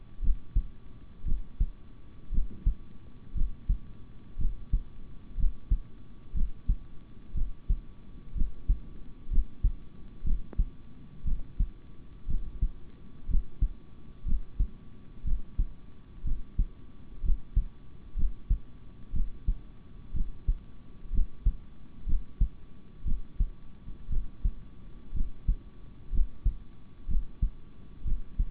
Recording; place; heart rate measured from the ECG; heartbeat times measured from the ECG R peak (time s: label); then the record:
heart sounds by stethoscope; between the tricuspid and mitral areas; 60 bpm
0.21 s: heartbeat
1.24 s: heartbeat
2.31 s: heartbeat
3.34 s: heartbeat
4.37 s: heartbeat
5.36 s: heartbeat
6.33 s: heartbeat
7.34 s: heartbeat
8.34 s: heartbeat
9.29 s: heartbeat
10.23 s: heartbeat
11.24 s: heartbeat
12.27 s: heartbeat
13.27 s: heartbeat
14.25 s: heartbeat
15.24 s: heartbeat
16.24 s: heartbeat
17.22 s: heartbeat
18.15 s: heartbeat
19.12 s: heartbeat
20.13 s: heartbeat
21.11 s: heartbeat
22.05 s: heartbeat
23.04 s: heartbeat
24.09 s: heartbeat
25.13 s: heartbeat
26.11 s: heartbeat
27.07 s: heartbeat
28.04 s: heartbeat
From the record:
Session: rest, sitting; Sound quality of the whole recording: good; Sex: male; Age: 26 years